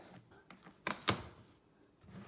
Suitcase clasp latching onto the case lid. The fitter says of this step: satisfying click a couple of clasps put